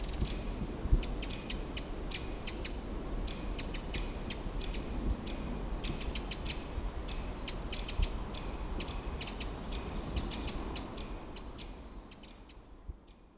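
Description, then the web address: Bird calls: many thin, very high chirps and ticks over a constant low rumbling background that fades toward the end. "linnut surina"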